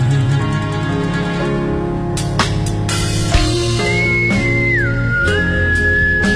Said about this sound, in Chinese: 你不会吹口哨是吗？ 吹不到这么高，他一吹就爆了。 没关系，你可以试着吹一下。哎，可以哎。